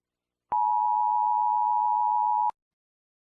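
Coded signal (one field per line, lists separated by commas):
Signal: Emergency Alert System (SAME) tones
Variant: 853 and 960 Hz attention tone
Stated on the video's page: Fictional EAS scenario.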